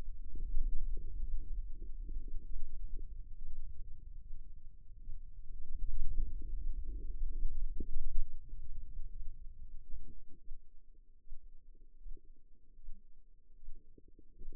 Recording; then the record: forearm muscle sounds (acoustic myography)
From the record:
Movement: radial deviation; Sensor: system 2, bracelet of six BSWA MPA416 microphones around the upper forearm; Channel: 6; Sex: female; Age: 25 years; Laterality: right